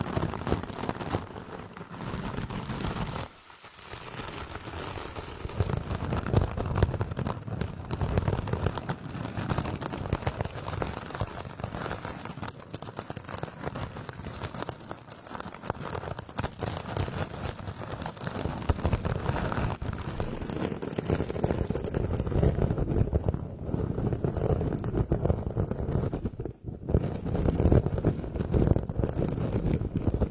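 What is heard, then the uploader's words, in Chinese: Fingernails scrape and rub right against a microphone in a dense, continuous scratching rumble, heavy in the lows. The rubbing briefly stops near the 3-second mark and again around 26 seconds, and grows thicker and louder after about 20 seconds. 刮擦专场｜指甲磨麦。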